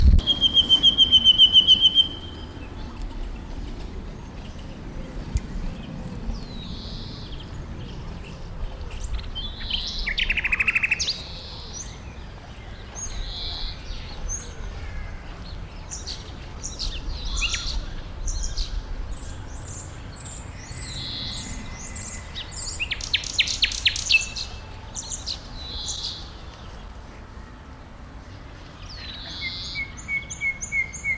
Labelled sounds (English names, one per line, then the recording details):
Common Nightingale
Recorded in the wild
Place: Tierpark Berlin, Berlin, DE
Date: 1996-05-01 13:15
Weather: heiter, 17°C
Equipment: Sony MD-WM MZ-R3, Sennheiser MKH 416 T, Kopie Uher 4000 Report Monitor
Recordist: Tembrock, Günter